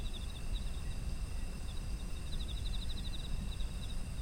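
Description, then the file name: Insects giving short bursts of rapid pulsed chirps, with continuous high-pitched insect drones behind and a heavy low background rumble. Autumn insect ambience. "秋の虫の環境音"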